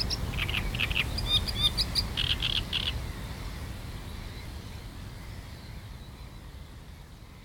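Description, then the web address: Great reed warbler delivering a short phrase of gruff, repeated chattering notes for about three seconds, then stopping, leaving quiet background noise. Recorded on 23 June. "linnut rastaskerttunen 2306"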